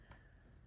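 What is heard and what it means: A steel gas tube on a Zastava Arms PAP M90 PS rifle is pressed down into the gas block and rear trunnion and locked, after the gas cup is set to position two. A faint hit is heard at 0.1 s over a low steady hum. The tube seats and locks into place.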